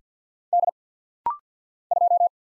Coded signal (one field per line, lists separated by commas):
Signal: Morse code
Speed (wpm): 54 wpm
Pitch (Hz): 700 Hz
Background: none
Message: D 2